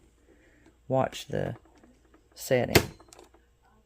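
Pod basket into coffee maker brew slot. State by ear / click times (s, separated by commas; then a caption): seated / 3.1 s. Someone talks while a plastic single-serve K-cup pod basket is pushed into the brew slot of a Mr. Coffee Programmable POD + 10 Cup Space Saving Combo Brewer. A short, sharp click at 3.1 s marks the basket seating in place. The brewer's size setting then changes to 6 oz, indicated by the piece sticking out the rear of the basket.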